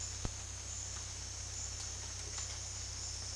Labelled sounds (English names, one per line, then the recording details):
none
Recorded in dense forest near Puerto Asís, Putumayo, Colombia, on 18 February 2024 at 14:00
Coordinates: 0.485, -76.322
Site G6406